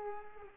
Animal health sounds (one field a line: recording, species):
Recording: mosquito wingbeat signal from an infrared sensor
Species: Culex pipiens